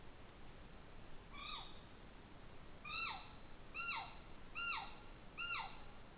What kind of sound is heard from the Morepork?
weow call